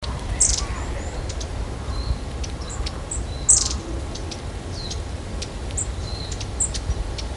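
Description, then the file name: Long-tailed tit calls: a few thin, very high, short notes scattered irregularly, over a steady low background rumble. "enaga"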